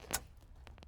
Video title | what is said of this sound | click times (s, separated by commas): ICON Derelict BR #104 Restored And Modified Ford Bronco | oh you hear that nice click that's cuz there's magnets here because I hate rattles just as much as plastic | 0.1 s